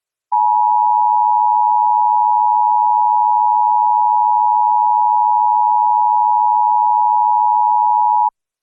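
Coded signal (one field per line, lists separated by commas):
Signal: Emergency Alert System (SAME) tones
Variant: 853 and 960 Hz attention tone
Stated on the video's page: Reenactment mock of a Tornado Warning from the National Weather Service Memphis, containing valid EAS tones.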